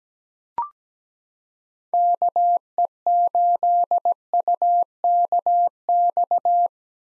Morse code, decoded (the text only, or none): KE8UKX